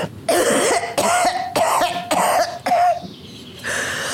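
About five harsh, irregular cough bursts from an actor, portraying a dry cough.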